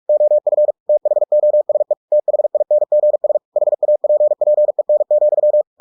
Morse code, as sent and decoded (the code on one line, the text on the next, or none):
--- ..-. / - .... --- ... . / - .... .. -. --. ... / .... .- .--. .--. . -. --..--
OF THOSE THINGS HAPPEN,